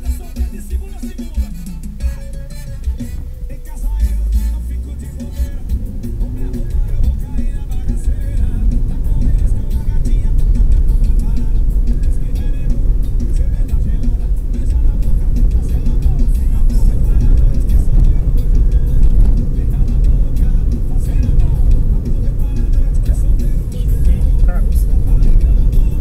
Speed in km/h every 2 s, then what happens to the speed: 0, 0, 10, 26, 34, 43, 47, 50, 49, 49, 47, 47, 47.
0-3 standing. 3-14 pulls away to 50. 14-26 steady at about 47.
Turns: none.